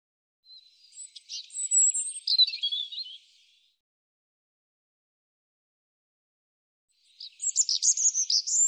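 European robin singing two separate high, tinkling phrases of trills and squeaky whistles, parted by several seconds of silence.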